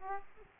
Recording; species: mosquito wingbeat signal from an infrared sensor; Aedes aegypti